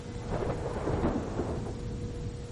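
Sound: thunderstorm with rain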